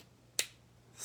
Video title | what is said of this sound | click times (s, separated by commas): Les bons crayons et papiers à croquis avec Richard Cameron Morneau | votre bouchon il est toujours une petite clique qui se fait qui se produit lorsque vous fermez votre bouchon ok c'est le petit ça | 0.4 s